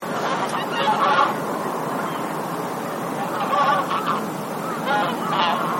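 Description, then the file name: Bean goose honks from a calling flock, with several short, clear nasal calls rising above a continuous chorus of geese. "hisikui"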